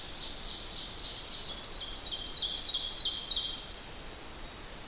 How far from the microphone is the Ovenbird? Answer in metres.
about 20 m